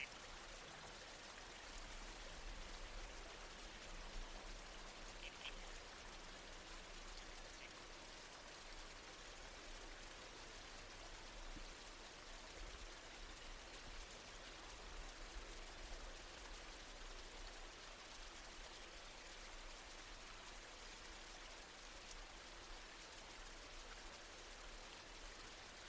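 A babbling creek rushes in a steady, dense wash of bright water noise, unchanging throughout, with a faint low rumble underneath.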